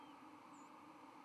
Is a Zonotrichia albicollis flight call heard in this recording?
no